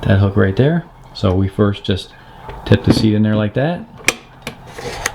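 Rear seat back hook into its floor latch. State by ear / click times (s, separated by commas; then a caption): seated / 5.1 s. A rear seat back is tipped back and pressed down so its hook engages underneath the retaining bar of its floor latch while someone talks. Sharp knocks sound at about 4.1 and 4.5 seconds, and a short click at 5.1 seconds marks the hook latching into place, so the seat back is seated.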